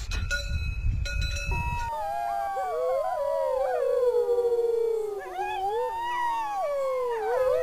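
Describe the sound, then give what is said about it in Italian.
Several wolves howl together, long wavering tones that glide up and down and overlap in a sustained chorus, following a brief burst of low rumbling noise at the start. “Dopo questo ululato aspetteremo 2 minuti che i lupi rispondano. Per il momento nessuna risposta.”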